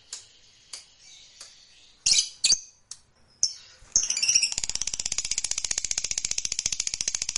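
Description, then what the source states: Lovebird opening with sharp, scratchy chirps, then launching into a long, very fast and even trill of high pulses lasting over three seconds. Fighter lovebird giving a long ngekek trill.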